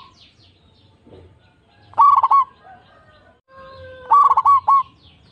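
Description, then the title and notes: Zebra dove song: two loud cooing phrases about two seconds apart, each a quick stuttering run of notes ending in a held coo, with faint whistled tones between. Local strain bird in full singing form, with a loud, clear, crystal-like voice. "PERKUTUT LOKAL GACOR Suara KRISTAL LANTANG. Kicau Burung Perkutut"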